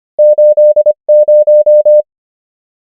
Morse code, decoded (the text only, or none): 8 0